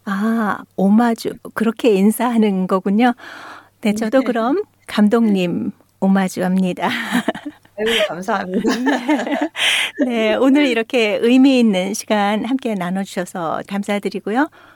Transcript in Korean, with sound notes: 아 오마주 그렇게 인사하는 거군요. 네 저도 그럼 감독님 오마주 합니다.
(웃음) 감사합니다.
오늘 이렇게 의미 있는 시간 함께 나눠주셔서 감사드리고요.